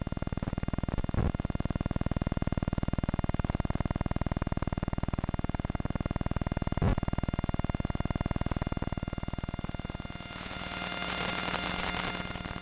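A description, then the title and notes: Electromagnetic interference from household electronics: a dense, rapid buzzing pulse with a steady hum underneath, running evenly for about ten seconds. Near the end the pulsing drops away and a brighter, hissing static takes over, with a faint low tone beneath it. Electromagnetic Listening. Using the Electrosluch Mini City from LOM (link below) I went around the house just recording things. Other than playing with the stereo effect of the device there has been no edits or additional processing to the recording.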